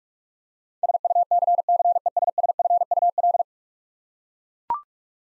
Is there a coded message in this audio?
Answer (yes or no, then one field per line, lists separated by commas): yes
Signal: Morse code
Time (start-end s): 0.8-3.4 s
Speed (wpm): 41 wpm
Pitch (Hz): 700 Hz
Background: none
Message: SUCCESSFUL